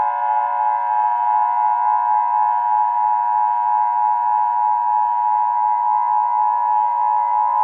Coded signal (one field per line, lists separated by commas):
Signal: Emergency Alert System (SAME) tones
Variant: 853 and 960 Hz attention tone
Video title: Psi: The Awakening of the forgotten Giant Princess ~ An EAS scenario EX